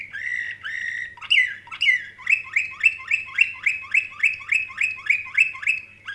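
Canary singing two drawn-out notes and a couple of falling notes, then a long steady series of identical sharp chirps, over a low hum.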